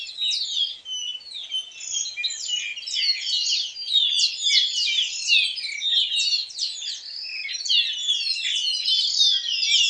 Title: LuckyPassaro Completos2Sama. Baywing (Agelaioides badius)